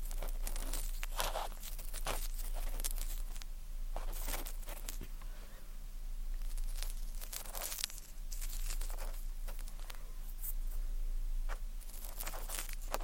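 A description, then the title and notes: Ear cleaning with tweezers: dense crackly, crinkling scratches come in bright bursts every second or so over a steady low hum. Ear Cleaning, Tweezers, Sticky Sounds, Spray Bottle.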